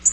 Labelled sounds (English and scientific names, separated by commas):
Black-throated Green Warbler (Setophaga virens) flight call